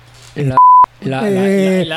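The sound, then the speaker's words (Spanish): A man talks, then a single loud, steady high-pitched censor beep cuts in for about a quarter second before his speech resumes. “Joder, ahí va a ir un pitido, ¿eh?”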